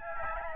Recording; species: mosquito wingbeat signal from an infrared sensor; Aedes albopictus